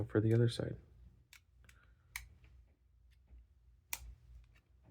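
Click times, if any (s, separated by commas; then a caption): 3.9 s. Someone talks as the second plastic side piece of a FanHome Darth Vader scale-model helmet is pressed into its mount. A few faint ticks follow, then a sharp little click at 3.9 s as the piece seats in place in the helmet assembly.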